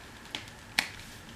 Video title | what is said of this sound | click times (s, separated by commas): Imetec Bellissima Revolution BHS1 100 automatic rotating styling | clic e si chiude inserisco l'ha preso | 0.8 s